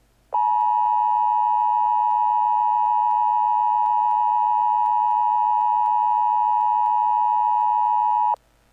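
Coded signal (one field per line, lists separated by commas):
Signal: Emergency Alert System (SAME) tones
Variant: 853 and 960 Hz attention tone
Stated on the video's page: Fan-made EAS scenario, not a real alert.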